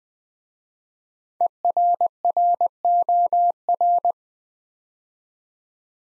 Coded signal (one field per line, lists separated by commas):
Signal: Morse code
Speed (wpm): 20 wpm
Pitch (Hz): 700 Hz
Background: none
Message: ERROR